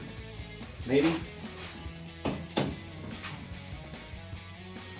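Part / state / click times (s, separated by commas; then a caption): grille locating pins into headlight housing / not seated / none. A new plastic Impulse upper replacement grille for a 2005-2011 Tacoma is lined up on the small locating pins at the bottom of the headlight housing and pushed down, while music plays and someone talks. Two short, sharp knocks are heard at about 2.3 and 2.6 seconds. The pins have not clicked into the headlight.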